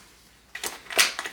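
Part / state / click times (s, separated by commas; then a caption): quick-release clip joining a binocular holster to its chest harness / not seated / none. A quick-release clip on a binocular holster is brought close to its mate on the chest harness strap. Brief handling rustles and light taps are heard, with sharp transients near 0.6 s and 1.2 s and a louder broadband scrape around 1.0 s. Nothing has seated or clicked into place yet.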